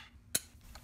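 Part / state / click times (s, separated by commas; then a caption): snap ring onto rear axle shaft groove / seated / 0.3 s. A steel snap ring is installed on a Toyota Pickup/Hilux rear axle shaft, behind the pressed-on bearing retainer, and snaps into its groove with a sharp, bright metallic click at 0.4 s. A much fainter tick follows at 0.8 s, and the snap ring is seated in the groove.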